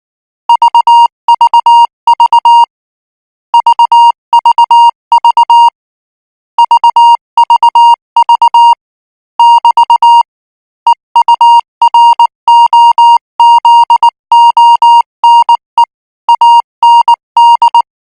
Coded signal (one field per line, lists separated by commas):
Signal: Morse code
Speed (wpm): 19 wpm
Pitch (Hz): 940 Hz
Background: music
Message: VVV VVV VVV <BT> EUROZONE AND